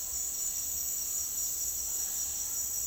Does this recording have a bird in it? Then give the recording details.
no. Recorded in dense forest near Puerto Asís, Putumayo, Colombia, on 21 March 2025 at 10:30. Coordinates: 0.499, -76.324. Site GP03